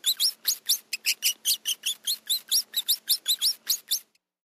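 Rat giving a rapid series of high squeaks, short chirps with rising sweeps, stopping abruptly near the end.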